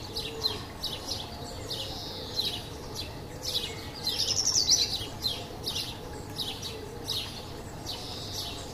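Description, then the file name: Black redstart calling: short high chirps repeated roughly every half second, with a denser, brighter burst of notes around the middle, over a steady low background hiss. "Codirosso Spazzacamino"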